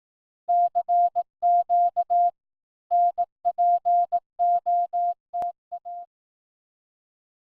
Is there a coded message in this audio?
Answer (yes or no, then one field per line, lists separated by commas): yes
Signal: Morse code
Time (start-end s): 0.5-6.0 s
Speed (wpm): 18 wpm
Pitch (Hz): 700 Hz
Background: none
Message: CQ NPOTA